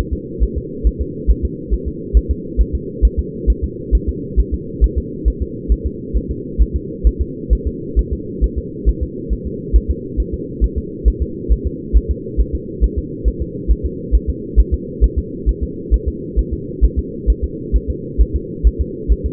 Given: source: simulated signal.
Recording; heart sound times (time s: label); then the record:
fetal heart sounds
0.13 s: S2
0.43 s: S1
0.58 s: S2
0.87 s: S1
1.01 s: S2
1.30 s: S1
1.45 s: S2
1.74 s: S1
1.88 s: S2
2.17 s: S1
2.31 s: S2
2.61 s: S1
2.75 s: S2
3.05 s: S1
3.19 s: S2
3.50 s: S1
3.64 s: S2
3.95 s: S1
4.09 s: S2
4.40 s: S1
4.54 s: S2
4.84 s: S1
4.98 s: S2
5.28 s: S1
5.42 s: S2
5.72 s: S1
5.86 s: S2
6.17 s: S1
6.31 s: S2
6.62 s: S1
6.76 s: S2
7.07 s: S1
7.21 s: S2
7.53 s: S1
7.67 s: S2
7.99 s: S1
8.13 s: S2
8.44 s: S1
8.58 s: S2
8.89 s: S1
9.03 s: S2
9.33 s: S1
9.47 s: S2
9.76 s: S1
9.91 s: S2
10.20 s: S1
10.34 s: S2
10.64 s: S1
10.78 s: S2
11.08 s: S1
11.22 s: S2
11.52 s: S1
11.67 s: S2
11.96 s: S1
12.11 s: S2
12.41 s: S1
12.55 s: S2
12.84 s: S1
12.98 s: S2
13.28 s: S1
13.42 s: S2
13.71 s: S1
13.86 s: S2
14.15 s: S1
14.29 s: S2
14.59 s: S1
14.74 s: S2
15.04 s: S1
15.18 s: S2
15.49 s: S1
15.63 s: S2
15.94 s: S1
16.08 s: S2
16.39 s: S1
16.53 s: S2
16.84 s: S1
16.99 s: S2
17.30 s: S1
17.44 s: S2
17.76 s: S1
17.90 s: S2
18.21 s: S1
18.36 s: S2
18.67 s: S1
18.81 s: S2
19.12 s: S1
19.26 s: S2
From the record:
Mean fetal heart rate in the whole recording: 135 bpm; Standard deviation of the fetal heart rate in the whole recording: 3 bpm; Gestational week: 34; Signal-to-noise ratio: -4.1 dB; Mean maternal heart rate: no maternal heart sound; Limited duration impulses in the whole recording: absent